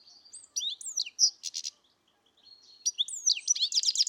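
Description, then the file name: European goldfinch giving tinkling, twittering calls with quick slurred notes and a brief buzzy trill, a short pause, then another lively burst. "Carduelis carduelis"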